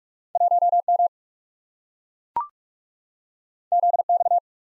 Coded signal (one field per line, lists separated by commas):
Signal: Morse code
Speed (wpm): 44 wpm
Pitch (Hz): 700 Hz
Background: none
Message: 1 M Z X